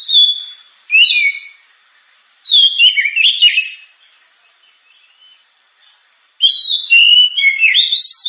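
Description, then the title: Oriental magpie-robin singing in several bursts of whistled, warbling and scratchy notes, separated by pauses. Kacer singing prolifically with a sharp, super-loud voice, offered as a pancingan recording to prompt other birds to sing. "Kacer Gacor Suara Tajam. Kacer Gacor Suara Super Kenceng Cocok untuk Pancingan"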